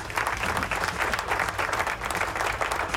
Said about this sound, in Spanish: Así que aplauso.